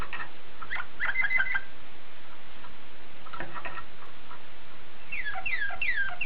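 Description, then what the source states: Waterslager canary song fragments: scattered clicks and short notes, a pause, a few more clicks, then several quick falling swoops at the end. Waterslager breed of canary.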